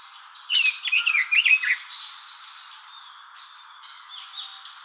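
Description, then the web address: Bird calls: a burst of quick chirping, twittering notes in the first two seconds, then fainter scattered high notes over a steady hiss. "birdenaga sousityou"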